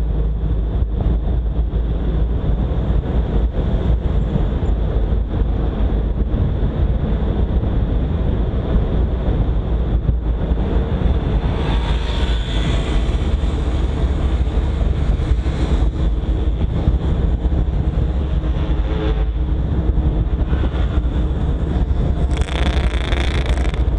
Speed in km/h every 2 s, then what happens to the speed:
47, 51, 52, 49, 47, 45, 43, 42, 41, 40, 39, 37.
4-24 slows to 37.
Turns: none.